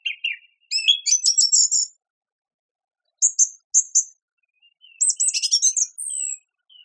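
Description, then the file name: Song thrush song: short bursts of sharp, varied high chirps and whistled notes, some phrases repeated, separated by brief pauses. "suara kicauan burung song thrush. omkicau"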